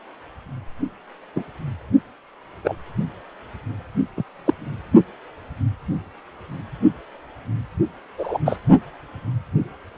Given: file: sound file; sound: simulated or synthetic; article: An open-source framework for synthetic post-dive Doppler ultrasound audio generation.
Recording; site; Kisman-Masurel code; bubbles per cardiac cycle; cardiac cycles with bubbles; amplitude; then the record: Doppler ultrasound audio after a dive; precordial; 123; 1–2; 10–50%; loud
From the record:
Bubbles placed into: partial cardiac cycles